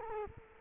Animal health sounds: mosquito wingbeat signal from an infrared sensor; Culex quinquefasciatus

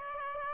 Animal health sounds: mosquito wingbeat signal from an infrared sensor; Aedes aegypti

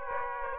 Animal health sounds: mosquito wingbeat signal from an infrared sensor; Aedes aegypti

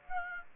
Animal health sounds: mosquito wingbeat signal from an infrared sensor; Aedes aegypti

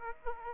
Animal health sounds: mosquito wingbeat signal from an infrared sensor; Aedes aegypti

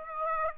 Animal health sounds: mosquito wingbeat signal from an infrared sensor; Aedes aegypti

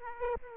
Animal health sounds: mosquito wingbeat signal from an infrared sensor; Aedes aegypti

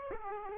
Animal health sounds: mosquito wingbeat signal from an infrared sensor; Aedes aegypti

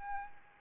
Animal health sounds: mosquito wingbeat signal from an infrared sensor; Aedes albopictus

